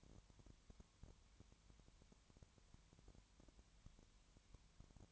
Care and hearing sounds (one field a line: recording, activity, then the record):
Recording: daily activity, microphone in the room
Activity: no activity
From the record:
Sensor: 3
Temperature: 20.5 degrees Celsius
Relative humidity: 33.0%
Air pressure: 1003.2 hPa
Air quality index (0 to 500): 105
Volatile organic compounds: 2 ppm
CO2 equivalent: 1067 ppm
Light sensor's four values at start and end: 2/3/2/2 and 2/3/2/2